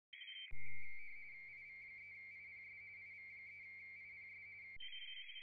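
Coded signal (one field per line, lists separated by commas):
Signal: RTTY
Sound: rapid warbling two-tone teletype chatter, preceded and followed by brief noisy tones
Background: low electrical hum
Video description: A.R.I. International DX Contest *** SO2V LP RTTY ***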